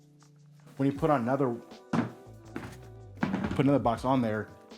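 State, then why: Not seated. Someone talks while a plastic modular tool box is handled and set onto another tool box in a stacking system. Soft plastic thunks come at about 2.6 s and 3.2 s. The box has not yet locked on, and nothing has clicked or seated by the end of the clip.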